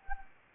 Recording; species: mosquito wingbeat signal from an infrared sensor; Anopheles gambiae